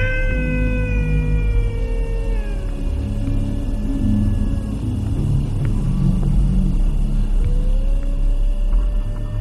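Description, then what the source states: Dingo howls: a long tonal wail that slowly falls and then holds steady, then another begins rising near the end, over a constant low rumbling background. Howls carry each individual's own acoustic features, which also allow males to be told apart from females.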